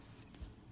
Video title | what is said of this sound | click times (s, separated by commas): Hot Wheels Star Wars Imperial Cargo Shuttle | Peg it in the port, hear that click, | 0.3 s